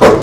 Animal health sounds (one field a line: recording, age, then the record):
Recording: pig call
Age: growing-finishing pig (85 days or more)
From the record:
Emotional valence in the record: positive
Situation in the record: run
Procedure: transit